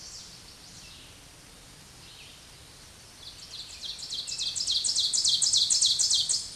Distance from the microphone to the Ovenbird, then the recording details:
about 10 m. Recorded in a Pennsylvania forest on 16 May 2024 at 07:05. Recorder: AudioMoth, point MSD-0475. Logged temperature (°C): 12.3 °C. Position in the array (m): 147 m, 4 m